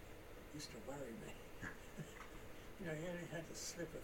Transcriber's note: laughter